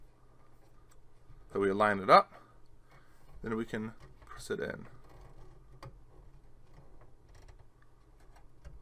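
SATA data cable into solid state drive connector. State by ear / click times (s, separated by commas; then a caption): seated / 5.8 s. A right-angle SATA data cable plug is lined up and pressed into the connector on a 2.5-inch solid state drive while someone talks. A single sharp click is heard at 5.8 s as the plug clicks into place, and the cable is seated.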